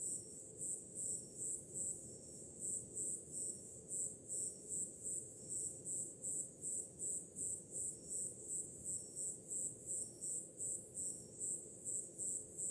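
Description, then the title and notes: Crickets chirping in high, pulsing trills, the bursts repeating about three times a second, over a low, steady rumble of ocean waves. Summer night, with ocean sound in the background. "Som do mar ao fundo, grilos e cigarras em uma noite de verão – Ocean, crickets and cicadas in a summer night"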